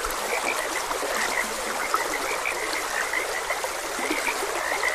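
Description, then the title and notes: Chorus of frogs giving quick repeated croaks that overlap without pause, set against constant trickling stream noise. Frogs croaking beside a gentle stream. "Gentle Stream and Frogs Croaking. Sleep and Relaxation Podcast"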